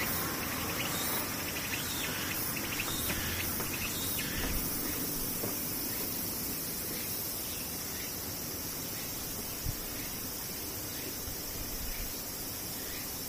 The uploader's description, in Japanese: セミ